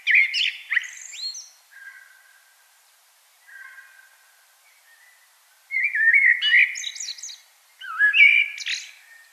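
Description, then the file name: Common blackbird song: loud fluted phrases with thin, high squeaky twitters, separated by quieter, fainter phrases. "Turdus merula"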